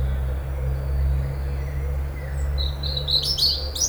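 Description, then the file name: European robin song: a short, thin whistled phrase followed by a rapid high jingle of notes near the end, with a low steady rumble throughout. "Erithacus rubecula"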